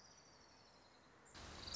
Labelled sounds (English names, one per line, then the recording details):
Orange-crowned Warbler
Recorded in Sonoma County, California